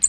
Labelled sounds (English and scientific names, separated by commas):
American Redstart (Setophaga ruticilla) flight call